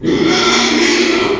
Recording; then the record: squeal of a Yucatan mini pig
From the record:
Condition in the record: after surgery on the right vocal fold (resection and tissue-engineered implant); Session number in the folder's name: 2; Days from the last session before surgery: 13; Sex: male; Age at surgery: 12 weeks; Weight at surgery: 13 kg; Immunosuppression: cyclosporine, prednisolone